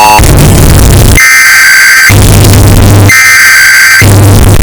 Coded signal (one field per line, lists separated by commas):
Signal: Emergency Alert System (SAME) tones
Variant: header bursts